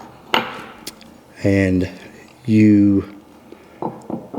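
A firing pin stop is pushed down into its slot in a steel pistol slide, and the firing pin snaps into place with a sharp click at 0.4 s. Someone talks, and fainter ticks follow near the end. The firing pin stop is seated and installed.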